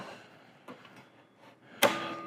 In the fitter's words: snaps up. Slide that over to the side and pull that up into the working